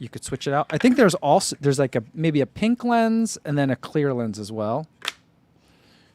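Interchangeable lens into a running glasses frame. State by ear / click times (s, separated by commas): seated / 5.1 s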